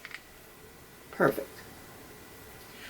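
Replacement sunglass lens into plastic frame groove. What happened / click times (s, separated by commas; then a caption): The lens snapped into the frame / 0.1 s. A second replacement sunglass lens for Ray-Ban RB4057 sunglasses, lined up in the groove of a plastic frame, is pushed down and seats with two quick small pops close together at about 0.1 s. Someone talks briefly around 1.2 s, and the lens is left seated in the frame.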